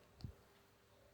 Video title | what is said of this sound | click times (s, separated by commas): P8_PIO_A1_Meja3_Video Pembelajaran Swinghaler | Sung Heller satu kali sampai terdengar bunyi klik langkah | 0.2 s